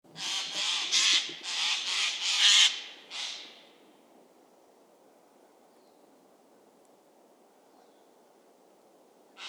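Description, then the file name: Eurasian jay giving several loud, harsh rasping screeches in quick succession over about three seconds, followed by quiet background. "Garrulus glandarius"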